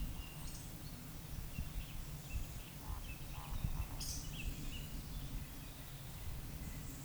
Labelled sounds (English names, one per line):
Eurasian Woodcock